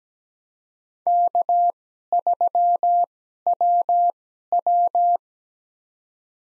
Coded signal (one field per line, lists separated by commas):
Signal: Morse code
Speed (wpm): 17 wpm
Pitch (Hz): 700 Hz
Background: none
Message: K3WW